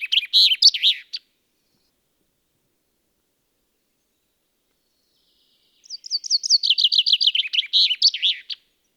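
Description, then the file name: Common chaffinch singing: the tail of one phrase, a quiet pause of several seconds, then a full descending trill ending in a sharp flourish. "Fringilla coelebs"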